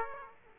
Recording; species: mosquito wingbeat signal from an infrared sensor; Aedes aegypti